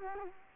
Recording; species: mosquito wingbeat signal from an infrared sensor; Culex quinquefasciatus